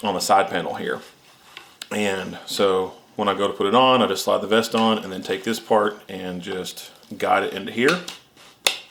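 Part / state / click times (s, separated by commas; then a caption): quick release buckle tongue into receiver on vest side panel / seated / 8.7 s. Someone talks while sliding on a Safelife Defense outer carrier vest and guiding the Krydex quick release buckle tongue into its receiver on the vest's side panel. At 8.7 s a sharp click is heard as the buckle snaps and locks into place, seated.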